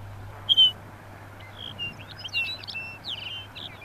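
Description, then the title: Lapland bunting with a single clear chirp, then a quieter burst of quick twittering, slurred notes, accompanied by faint background hum. "Viikon luontoääni: Lapinsirkku"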